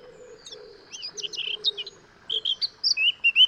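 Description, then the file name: Eurasian blackcap giving rapid, varied high chirps and short warbled notes, growing louder toward the end, over a soft low hum. "Sylvia atricapilla"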